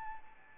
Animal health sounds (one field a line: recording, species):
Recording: mosquito wingbeat signal from an infrared sensor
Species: Anopheles arabiensis